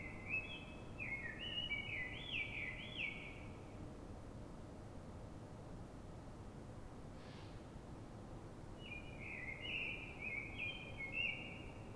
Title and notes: Pl. de Francisco Escolar, 10, 28944 Fuenlabrada, Madrid, España - Sonido Reclamo de Mirlo. Mirlo cantando, es un sonido de reclamo. Normalmente los Mirlos de las ciudades cantan antes del amanecer